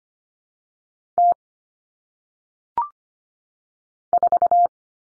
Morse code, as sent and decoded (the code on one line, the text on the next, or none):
- / ....-
T 4